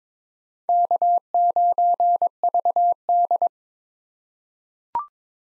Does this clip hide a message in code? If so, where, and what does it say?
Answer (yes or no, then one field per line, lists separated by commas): yes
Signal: Morse code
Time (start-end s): 0.7-3.5 s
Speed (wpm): 22 wpm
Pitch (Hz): 700 Hz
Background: none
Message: K9VD